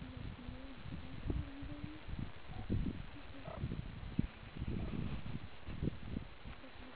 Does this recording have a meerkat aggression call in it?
no